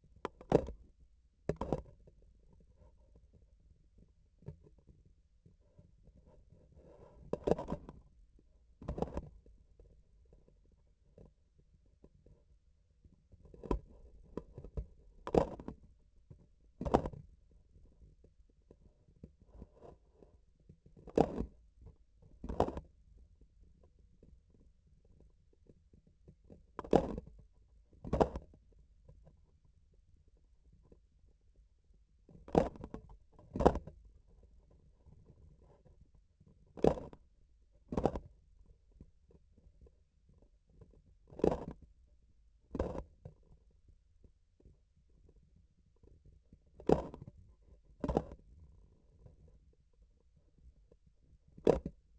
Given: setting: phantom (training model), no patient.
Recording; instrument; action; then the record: laparoscopic instrument, vibration sensor on the handle end; grasping forceps; opening and closing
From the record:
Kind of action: tool actuation without material contact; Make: other than Olympus